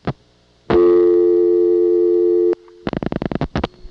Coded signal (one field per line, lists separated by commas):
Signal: telephone call progress tone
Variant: North America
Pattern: dial tone